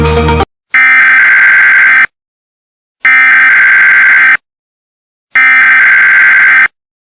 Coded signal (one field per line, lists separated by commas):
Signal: Emergency Alert System (SAME) tones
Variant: header bursts